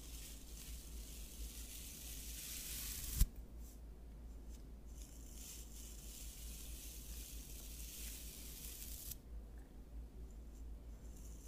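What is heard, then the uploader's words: A scalp massage with soft, steady rubbing and hissing, like fingers moving through hair. A sharp click or tap lands near three seconds, then the hiss thins before swelling again through the middle and dropping away after nine seconds, over a constant low hum. ASMR Scalp Massage of Your Dreams.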